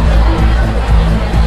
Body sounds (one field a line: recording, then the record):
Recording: background sound without coughing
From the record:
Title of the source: Party Noise 1 Hour Party Ambience